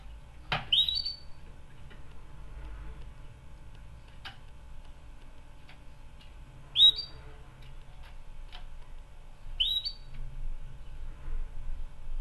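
Canary giving three short, bright rising chirps spread throughout, each a quick upward-sweeping note, with a few faint clicks in between.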